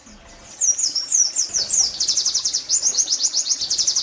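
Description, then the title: White-eye singing: a short burst of quick descending twitters that breaks into an even, rapid high trill of buzzy notes. Song style called tembakan zipper; many birds singing together (ombyokan); meant for training songbirds (masteran). "pleci tembakan zipper pas buat masteran pleci ombyokan"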